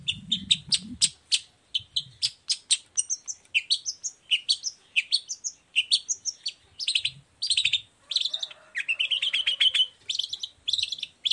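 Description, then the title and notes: Long-tailed shrike song, long run of rapid clicky chirps and varied whistled phrases, with a short buzzy passage near the end. Morning song with varied 'toet toet' notes, used as a lure to provoke other shrikes into answering and singing along. "Cendet Gacor Dor Di Kala Pagi Toet Toet Variasi Suara. Pancingan Emosi Cendet Gacor Full Variasi Toet Toet Bikin Nyaut Cendet Lain Langsung Ikutan Bunyi. Burung cendet"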